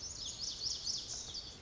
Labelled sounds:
Lazuli Bunting (Passerina amoena)
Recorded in Sonoma County, California

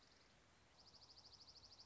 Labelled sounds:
Dark-eyed Junco (Junco hyemalis)
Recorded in Sonoma County, California

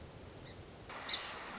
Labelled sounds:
Song Sparrow (Melospiza melodia)
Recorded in Sonoma County, California

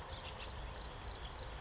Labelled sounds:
California Towhee (Melozone crissalis)
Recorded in Sonoma County, California

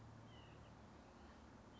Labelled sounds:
White-breasted Nuthatch (Sitta carolinensis)
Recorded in Sonoma County, California

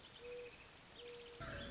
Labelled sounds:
Mourning Dove (Zenaida macroura)
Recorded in Sonoma County, California

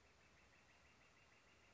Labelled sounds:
Northern Flicker (Colaptes auratus)
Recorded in Sonoma County, California

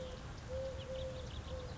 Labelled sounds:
Eurasian Collared Dove (Streptopelia decaocto)
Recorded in Sonoma County, California

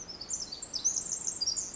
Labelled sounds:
Pacific Wren (Troglodytes pacificus)
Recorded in Sonoma County, California

